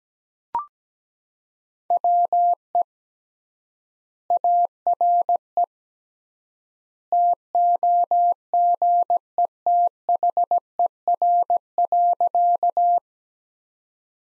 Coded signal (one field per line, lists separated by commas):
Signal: Morse code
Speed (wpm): 17 wpm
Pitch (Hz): 700 Hz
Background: none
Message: WE ARE TOGETHER.